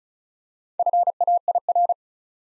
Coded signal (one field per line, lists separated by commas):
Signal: Morse code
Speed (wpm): 36 wpm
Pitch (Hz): 700 Hz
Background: none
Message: FAIR